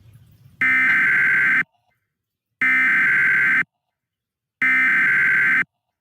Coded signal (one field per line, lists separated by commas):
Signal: Emergency Alert System (SAME) tones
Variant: header bursts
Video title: EAS 101 Live Stream - How to make an EAS Mock